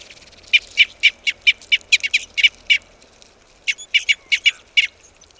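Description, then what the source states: Red crossbill giving a series of hard kip calls, a short pause, then another quick burst. Red Crossbill of call type N.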